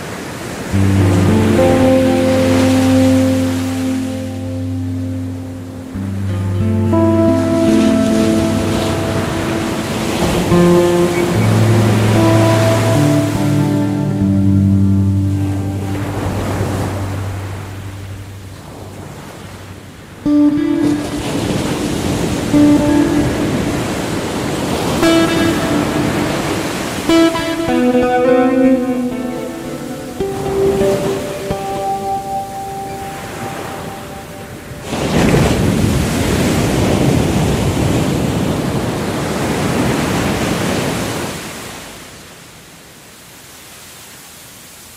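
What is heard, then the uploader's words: Pacific waves surge and wash in roughly every ten to fifteen seconds, over steady low sustained tones that shift pitch slowly throughout. Waves On The Pacific Coast.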